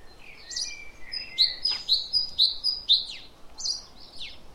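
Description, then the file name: Great tit song: a run of several clear high two-note phrases with other softer bird notes around them, over broad background noise. "Parus major"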